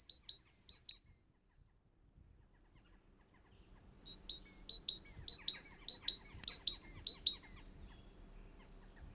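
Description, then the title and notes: Great tit song: a brief string of high ringing notes, silence, then a longer fast repeated series over faint low background noise. "Talitiainen. Heidi Björklund"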